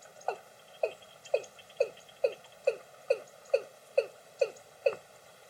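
Watercock producing hollow, resonant notes in an even rhythm, a little more than two per second, over a quiet background.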